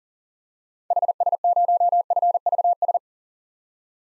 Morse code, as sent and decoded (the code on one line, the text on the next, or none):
.... ... ----- ..-. ...- ...
HS0FVS